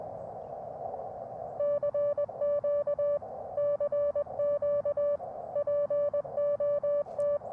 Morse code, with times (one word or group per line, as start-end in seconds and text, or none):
1.6-3.2 CQ
3.6-5.2 CQ
5.6-7.4 POT